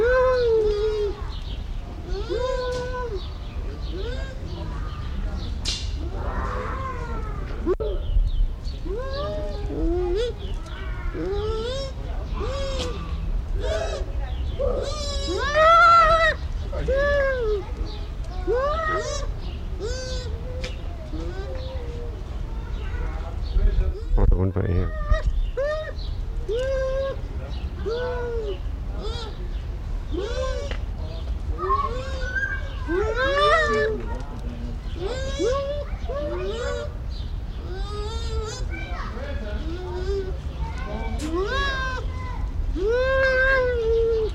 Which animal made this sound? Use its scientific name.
Speothos venaticus